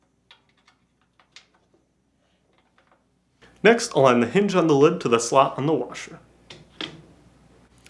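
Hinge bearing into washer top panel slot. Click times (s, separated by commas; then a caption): 1.4 s. A left plastic hinge bearing, part number W11638180, for a Whirlpool, Maytag or Amana washer is lined up with the slot in the washer's metal top panel and pressed in. Faint ticks and taps are heard, with the bearing snapping into place at 1.4 seconds. Someone then talks, followed by a few more light clicks near the end.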